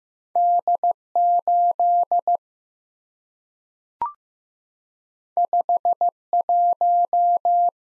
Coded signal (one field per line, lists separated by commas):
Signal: Morse code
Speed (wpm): 15 wpm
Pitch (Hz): 700 Hz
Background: none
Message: D8 51